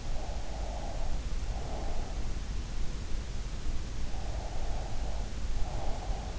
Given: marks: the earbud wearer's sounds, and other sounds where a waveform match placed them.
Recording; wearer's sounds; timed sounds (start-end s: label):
sounds in sleep by an in-ear microphone; breath
0.28-2.15 s: breath
4.28-6.39 s: breath